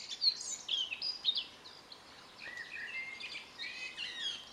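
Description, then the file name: Eurasian blackcap giving a busy, scratchy warble of rapid notes, dipping lower near the middle. "Sylvia atricapilla"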